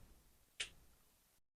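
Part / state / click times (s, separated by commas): thigh armor piece into action figure leg / seated / 0.6 s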